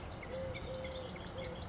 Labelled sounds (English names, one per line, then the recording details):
Eurasian Collared Dove
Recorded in Sonoma County, California